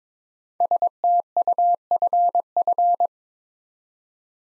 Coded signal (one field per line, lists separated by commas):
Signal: Morse code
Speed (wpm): 23 wpm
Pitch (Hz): 700 Hz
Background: none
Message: STUFF